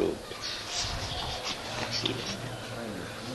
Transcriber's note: leafing pages